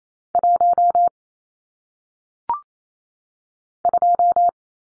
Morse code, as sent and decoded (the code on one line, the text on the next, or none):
.---- / ..---
1 2